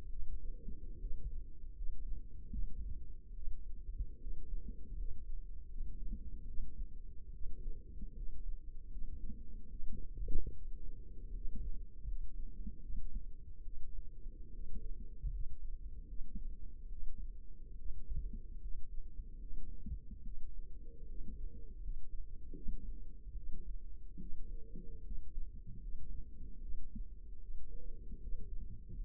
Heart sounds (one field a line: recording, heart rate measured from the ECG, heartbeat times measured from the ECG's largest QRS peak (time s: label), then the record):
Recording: heart sounds by microphone in the left ear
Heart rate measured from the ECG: 75 bpm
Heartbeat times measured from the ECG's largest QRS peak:
0.09 s: heartbeat
0.98 s: heartbeat
1.73 s: heartbeat
2.49 s: heartbeat
3.33 s: heartbeat
4.18 s: heartbeat
4.95 s: heartbeat
5.67 s: heartbeat
6.45 s: heartbeat
7.31 s: heartbeat
8.13 s: heartbeat
8.88 s: heartbeat
9.69 s: heartbeat
10.53 s: heartbeat
11.32 s: heartbeat
12.04 s: heartbeat
12.79 s: heartbeat
13.62 s: heartbeat
14.50 s: heartbeat
15.30 s: heartbeat
16.05 s: heartbeat
16.88 s: heartbeat
17.76 s: heartbeat
18.59 s: heartbeat
19.37 s: heartbeat
20.22 s: heartbeat
21.05 s: heartbeat
21.80 s: heartbeat
22.52 s: heartbeat
23.34 s: heartbeat
24.18 s: heartbeat
25.02 s: heartbeat
25.79 s: heartbeat
26.59 s: heartbeat
27.39 s: heartbeat
28.19 s: heartbeat
28.91 s: heartbeat
From the record:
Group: healthy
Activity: rest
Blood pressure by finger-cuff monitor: 80/53 mmHg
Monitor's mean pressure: 64 mmHg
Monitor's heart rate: 74 bpm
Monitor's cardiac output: 5.9 L/min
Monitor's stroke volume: 79 mL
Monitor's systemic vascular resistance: 760 dyn s/cm5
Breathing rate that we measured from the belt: 9 breaths a minute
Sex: female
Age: 22 years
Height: 163 cm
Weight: 67.1 kg